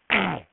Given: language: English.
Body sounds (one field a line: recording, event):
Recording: throat vibration sensor signal played as sound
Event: throat clearing